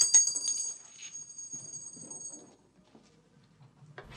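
Keys are thrown onto a tabletop, clattering with a bright metallic jingle that rings on and fades over a couple of seconds, followed by quiet low shuffling sounds.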